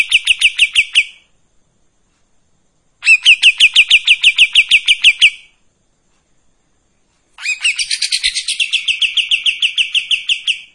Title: KAPAS TEMBAK GACOR TEMBAKAN DAN BESETAN PANJANG AUDIO KERNIH COCOK UNTUK MASTERAN MURAI BATU